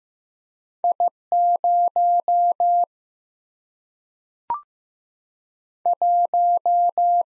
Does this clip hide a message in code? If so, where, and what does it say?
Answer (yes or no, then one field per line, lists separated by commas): yes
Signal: Morse code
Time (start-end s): 0.8-7.2 s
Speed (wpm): 15 wpm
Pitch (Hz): 700 Hz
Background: none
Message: I 0 1